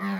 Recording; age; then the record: pig call; piglet (1 to 25 days)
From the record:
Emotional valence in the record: negative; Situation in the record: long isolation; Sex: female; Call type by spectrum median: low-frequency call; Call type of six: low-frequency tonal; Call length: 0.20 s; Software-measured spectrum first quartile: 201 Hz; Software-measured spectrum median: 478 Hz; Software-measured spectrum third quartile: 1449 Hz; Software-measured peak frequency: 191 Hz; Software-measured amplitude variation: 27 dB a second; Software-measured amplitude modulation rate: 7.6 a second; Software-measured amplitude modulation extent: 3.6 dB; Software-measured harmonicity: 5.7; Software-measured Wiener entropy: -1.40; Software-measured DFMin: 520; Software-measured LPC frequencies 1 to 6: 1142, 1890, 3440, 4159, 5000, 6193 Hz